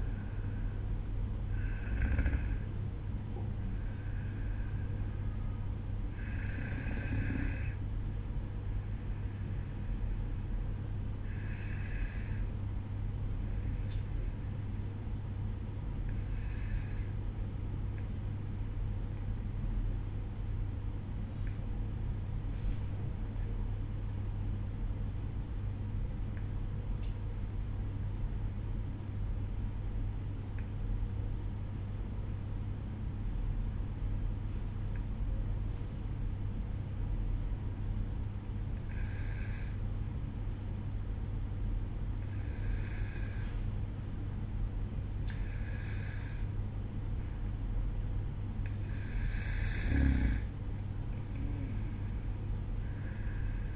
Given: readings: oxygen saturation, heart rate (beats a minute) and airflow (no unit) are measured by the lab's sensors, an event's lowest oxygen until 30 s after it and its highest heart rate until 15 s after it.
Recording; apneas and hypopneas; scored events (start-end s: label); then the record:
breathing in sleep by a smartphone at the bedside; 1
26.00-46.30 s: obstructive apnea (N2, oxygen 95% highest, then 93% lowest, heart rate 54 at the start, 60 highest)
From the record:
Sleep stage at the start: N2 (light sleep); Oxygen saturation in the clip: 93 to 96%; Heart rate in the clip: 51 to 57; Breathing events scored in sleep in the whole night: 305 in 9.6 hours asleep